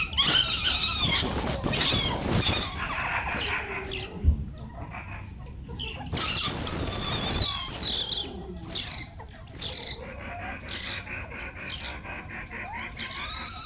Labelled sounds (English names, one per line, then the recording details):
Banded Mongoose
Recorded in captivity
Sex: group
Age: diverse
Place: Tierpark Berlin, Berlin, DE
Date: 2008-08-26 17:30
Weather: overcast, ca. 22°C
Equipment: Sony WM-D6C, Sennheiser ME 80, Kopie Uher 4000 Report Monitor
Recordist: Tembrock, Günter